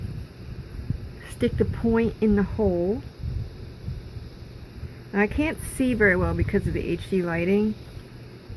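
A plastic stylus is guided point-first toward its storage hole on a writing tablet while someone talks over a steady hiss. Nothing has seated or clicked yet in this stretch.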